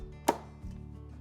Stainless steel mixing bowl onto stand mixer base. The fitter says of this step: Your bowl is now secured to the base of your Bosch mixer.